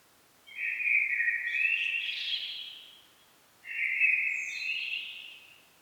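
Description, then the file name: Common blackbird song of two separate phrases, each a smooth mellow whistle that ends in a brief higher flourish. "Turdus merula"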